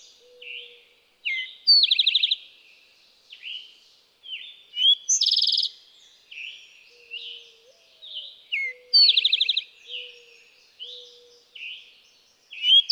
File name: Eastern Towhee